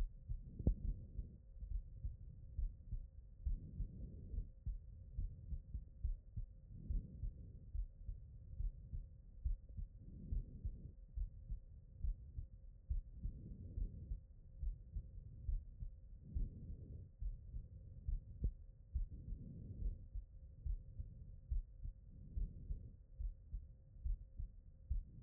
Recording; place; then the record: heart sounds by stethoscope; pulmonary valve (PV)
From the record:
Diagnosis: non-HFrEF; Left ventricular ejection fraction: 63%